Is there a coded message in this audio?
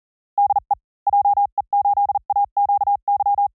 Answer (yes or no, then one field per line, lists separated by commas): yes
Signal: Morse code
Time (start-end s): 0.4-3.5 s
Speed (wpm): 40 wpm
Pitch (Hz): 810 Hz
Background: none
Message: DE JE8AQY